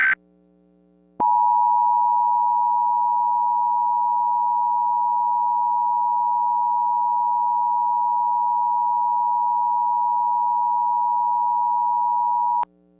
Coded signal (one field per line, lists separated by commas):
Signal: Emergency Alert System (SAME) tones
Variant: 853 and 960 Hz attention tone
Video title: Johto Windstorm (EAS Scenario)